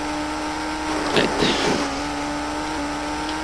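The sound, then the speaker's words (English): A damaged car's engine drones steadily at a low, even pitch while driving, with a short rough surge of louder, rattling noise partway through before settling back to the same hum; the car has dents, a flat tire and a jammed passenger door. “My car is trashed.”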